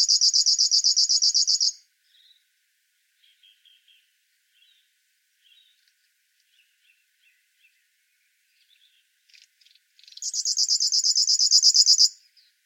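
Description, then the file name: River warbler song, a sewing-machine-like buzzy pulsed trill at the start and again near the end, with faint soft calls and ticks in the quiet gap between. "Schlagschwirl - Locustella fluviatilis"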